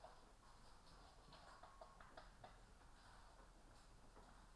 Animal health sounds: poultry house recording; healthy chickens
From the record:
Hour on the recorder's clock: 15

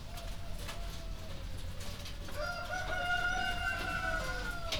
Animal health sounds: poultry house recording; healthy chickens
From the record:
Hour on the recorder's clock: 1

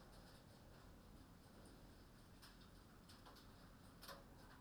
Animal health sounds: poultry house recording; no chicken sound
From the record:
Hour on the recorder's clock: 21

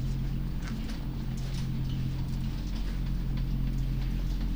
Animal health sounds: poultry house recording; sick chickens (respiratory disease)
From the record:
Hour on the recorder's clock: 0

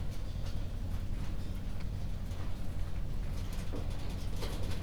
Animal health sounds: poultry house recording; no chicken sound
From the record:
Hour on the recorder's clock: 22

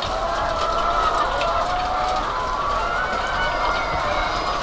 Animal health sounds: poultry house recording; healthy chickens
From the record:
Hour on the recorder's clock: 4

